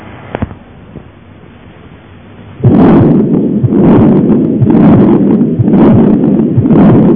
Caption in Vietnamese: Tiếng thổi liên tục là một tiếng thổi kéo dài suốt cả thời kỳ tâm thu và tâm chương. Tiếng thổi liên tục mạnh lên cuối kỳ tâm thu trong còn ống động mạch.